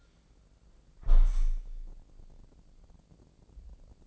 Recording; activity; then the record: daily activity, microphone in the room; close window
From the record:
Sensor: 5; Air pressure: 1012.3 hPa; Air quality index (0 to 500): 163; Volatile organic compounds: 2 ppm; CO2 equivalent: 1104 ppm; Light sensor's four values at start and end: 70/168/69/74 and 70/168/69/74